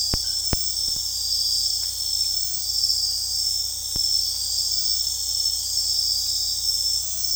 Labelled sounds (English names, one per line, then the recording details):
none
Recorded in dense forest near Puerto Asís, Putumayo, Colombia, on 21 February 2024 at 03:00
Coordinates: 0.485, -76.322
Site G6406